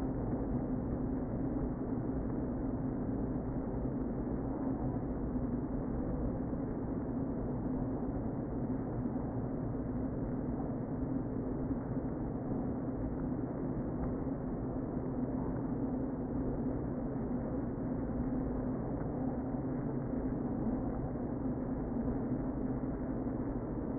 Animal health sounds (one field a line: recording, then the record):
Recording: honeybee colony, microphone inside the hive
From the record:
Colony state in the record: queen present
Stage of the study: before two queens were removed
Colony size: about 60,000 bees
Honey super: yes